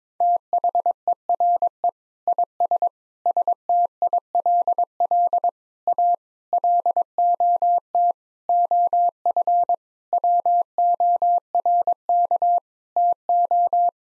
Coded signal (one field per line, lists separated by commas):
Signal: Morse code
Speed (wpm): 22 wpm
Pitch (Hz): 700 Hz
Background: none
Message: THERE IS STILL A LOT OF WORK TO